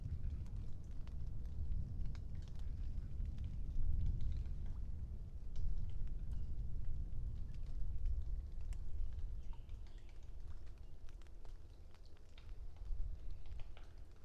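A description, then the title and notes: A passing thunderstorm rolls as a deep, continuous low rumble, swelling around four and again near eight seconds before slowly easing off. Sparse light ticks and patters scatter across the whole stretch, over a faint steady hum. Passing Thunderstorm East Of Bear Mountain. A late spring afternoon in a small stand of Quaking Aspen growing beneath tall Ponderosa Pines beside a seasonally flooded meadow located east of Bear Mountain in Shasta-Trinity National Forest, Siskiyou County, California. A microphone is placed on either side of the trunk of a tree, in this case a Quaking Aspen.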